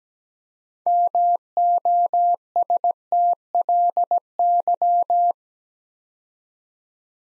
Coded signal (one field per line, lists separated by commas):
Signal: Morse code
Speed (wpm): 17 wpm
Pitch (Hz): 700 Hz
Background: none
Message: MOSTLY